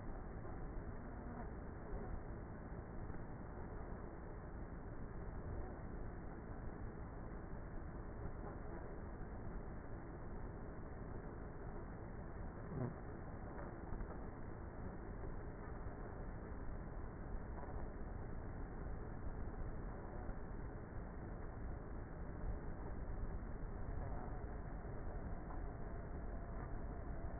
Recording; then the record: honeybee colony, microphone inside the hive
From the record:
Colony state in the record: queenless with a low population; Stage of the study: before two queens were removed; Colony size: about 30,000 bees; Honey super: no